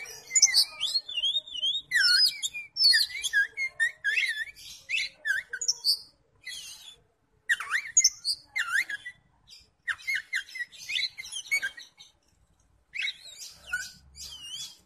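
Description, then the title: Oriental magpie-robin singing a rich, fast stream of varied whistles, slurred rising and falling notes and harsh chips, with brief gaps between phrases. "Kacer"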